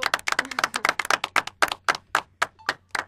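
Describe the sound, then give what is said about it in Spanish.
A small group applauds the boys and girls with sharp, crisp hand claps in a quick, uneven rhythm, the claps overlapping and holding steady at a moderate level for a few seconds with no talking. “No sé, estaría bueno darle un aplauso a los chicos y a las chicas.”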